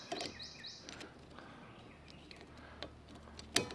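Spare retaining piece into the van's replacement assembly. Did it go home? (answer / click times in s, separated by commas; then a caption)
yes / 3.6 s. During a van repair, the spare retaining piece that came with the new replacement assembly is pressed over the top into the spot where the old piece was removed. After a few faint high chirps and soft taps, it snaps in with a sharp click at 3.6 s and is now secure.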